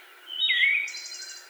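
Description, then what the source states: Wood thrush giving one phrase: a bright fluted note sliding down, then a thin, high trill. Recorded on 25 May 2021.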